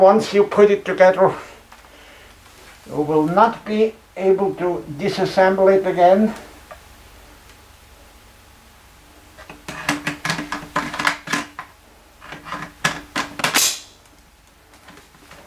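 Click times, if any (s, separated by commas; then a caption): none. A part of a large plastic 2019 Mattel Jurassic World Legacy Collection Brachiosaurus figure is handled for pushing into the figure's body during assembly, while someone talks. A series of sharp plastic handling taps and knocks follows from about 9.9 s to 13.6 s. The clip ends before the part goes in, so nothing has seated or clicked yet.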